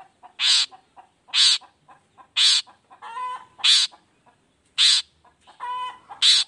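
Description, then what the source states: Long-tailed shrike uttering a series of harsh, grating shrieks, with two nasal, buzzy notes carrying a stacked harmonic tone in between. Cendet singing in the morning, a 'toet toet' variation of its voice, played as a stimulus to rouse lazy shrikes into singing along.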